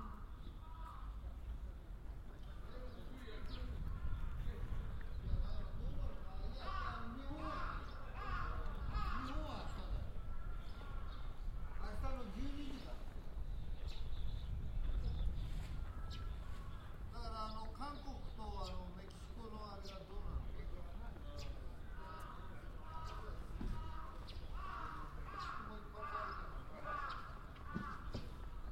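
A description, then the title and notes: A busy park recording in stereo, with a steady crowd murmur and voices talking throughout. Bird chirps and calls come through repeatedly, clustering between about 7 and 27 seconds, over a constant low rumble of traffic and footsteps. A binaural field recording made in Ueno Park, Tokyo.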